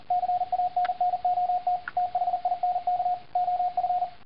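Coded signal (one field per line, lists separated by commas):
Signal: Morse code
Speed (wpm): 40 wpm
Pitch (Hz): 720 Hz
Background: radio noise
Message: CANNOT THINK OF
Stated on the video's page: Morse code generated by the Morse-it V2.0 app on iPhone.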